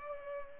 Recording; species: mosquito wingbeat signal from an infrared sensor; Culex pipiens